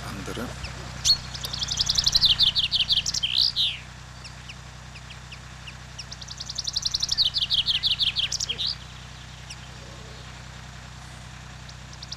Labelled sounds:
Common Chaffinch song
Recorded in the wild
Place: Oberstdorf, Bayern, DE
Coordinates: 47.3961, 10.2503
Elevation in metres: 1030
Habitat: mountains
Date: 1985-04-04
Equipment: Uher 4000 Report
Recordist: Tretzel, Erwin

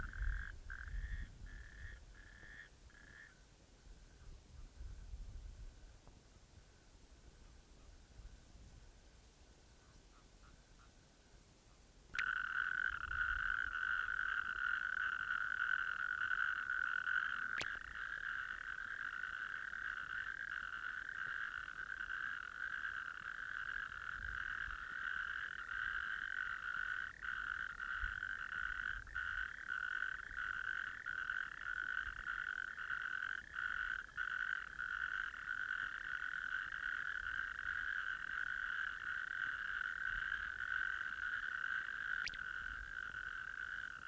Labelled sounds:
Natterjack Toad call
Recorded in the wild
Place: Gorleben, OT Meetschow, Wendland, Niedersachsen, DE
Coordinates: 53.0483, 11.3881
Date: 1969-05-24
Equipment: Uher 4000 Report-S, Bändchenmikro Beyer M 260, Parabolspiegel Polyester (470 mm)
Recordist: Conrads, Klaus

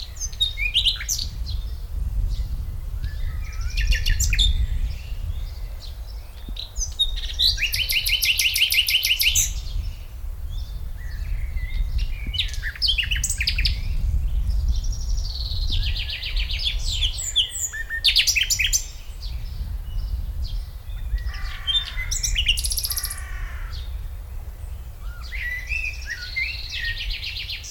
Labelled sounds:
Common Nightingale
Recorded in the wild
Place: Schloßpark Babelsberg, Brandenburg, DE
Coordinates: 52.4, 13.1
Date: 1996-06-07 12:55
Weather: sonnig, 24-30°C
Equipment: Sony MD-WM MZ-R3, Sennheiser MKH 416 T, Kopie Uher 4000 Report Monitor
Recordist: Tembrock, Günter

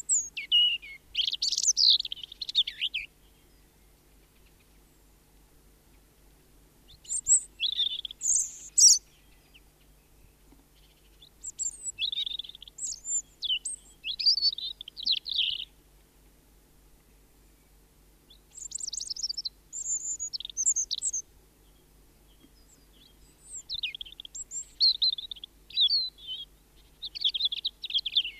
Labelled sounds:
European Robin song
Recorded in the wild
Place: Pfaffenbrunnen, Rheinland-Pfalz, DE
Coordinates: 49.412, 7.756
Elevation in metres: 399
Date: 1976-03-18
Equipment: Nagra IV, Sennheiser MKH 405, Parabolreflektor
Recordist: Tretzel, Erwin

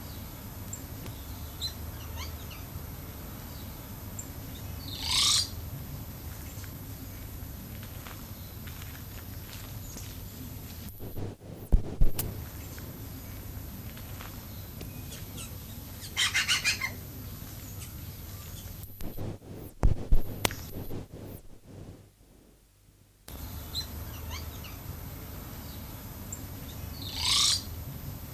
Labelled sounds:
Bare-throated Bellbird call
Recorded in captivity
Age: adult
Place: Zoo Berlin, Berlin, DE
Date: 2005-08-17 12:47
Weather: fair, 18°C
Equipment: Panasonic RQ-2102, Sennheiser ME 80, Kopie Uher 4000 Report Monitor
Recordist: Tembrock, Günter

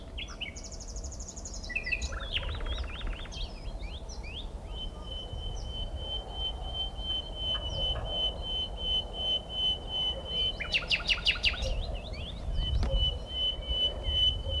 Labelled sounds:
Common Nightingale song
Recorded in the wild
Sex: male
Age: adult
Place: Mühlenbecker Land, OT Buchhorst, Naturpark Barnim, Brandenburg, DE
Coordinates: 52.6736, 13.3908
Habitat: ponds - alder marsh
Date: 1975-05-02 16:45
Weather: partly sunny, 16°C
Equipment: Uher CR 210, Sennheiser MD 421, Verstärker, Kopie Uher 4200
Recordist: Tembrock, Günter

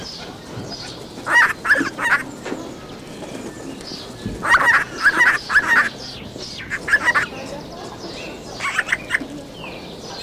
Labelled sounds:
Eurasian Jay call
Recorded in captivity
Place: Vogelpark Walsrode, Niedersachsen, DE
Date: 1986-03-17
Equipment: Halbspur, 9,5 cm/s
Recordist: Lütgens, Hans

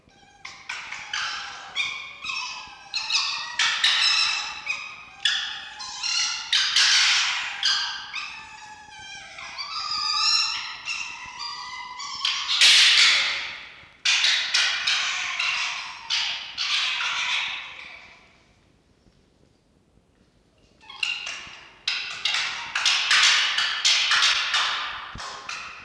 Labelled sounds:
Red Fox
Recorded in captivity
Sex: group
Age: diverse
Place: Zoologisches Institut der HUB, Berlin, DE
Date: 1952-11-24 18:00
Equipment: Elmetra
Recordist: Tembrock, Günter

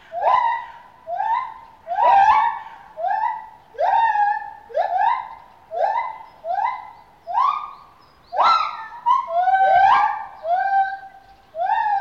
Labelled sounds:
Lar Gibbon
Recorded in captivity
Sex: pair
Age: adult
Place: Zoo Berlin, Berlin, DE
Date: 1988-11-05
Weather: sonnig, -3 bis +3°C
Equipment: Sony WM-D6C, Kopie Uher
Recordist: Tembrock, Günter
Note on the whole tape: Paar (mit Nachwuchs): Rufe, große Rufreihe des Weibchens

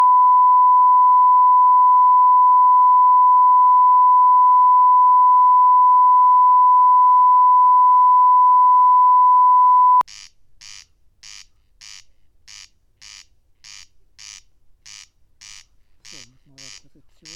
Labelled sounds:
Corn Crake song
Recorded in the wild
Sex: male
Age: adult
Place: Schwedt/Oder, Nationalpark Unteres Odertal, Brandenburg, DE
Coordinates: 53.0384, 14.292
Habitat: meadow
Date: 2020-07-08 22:55
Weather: 11°C, 90% humidity, almost windless
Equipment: Edirol R44, Microtech Gefell MK 250/MV220
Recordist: Frommolt, Karl-Heinz

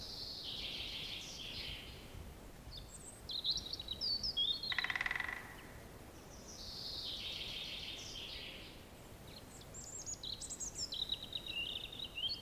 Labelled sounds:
Common Chaffinch song
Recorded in the wild
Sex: male
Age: adult
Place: Mühlenbecker Wald, Brandenburg, DE
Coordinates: 52.6833, 13.4
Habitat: pine stand
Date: 1987-04-19 10:48
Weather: sunny, 15°C
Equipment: Nagra SN, Kopie Tesla B 116
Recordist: Tembrock, Günter

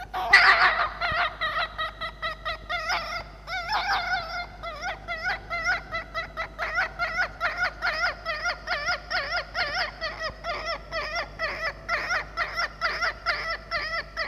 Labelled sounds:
Red Fox
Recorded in captivity
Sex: male
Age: juvenile
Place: Zoologisches Institut der HUB, Berlin, DE
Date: 1956-05-13 12:30
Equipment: Elmetra
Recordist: Tembrock, Günter
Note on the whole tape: Molly-Welpen: Männchen: Bellrhythmus und rhythmisches Tremolo

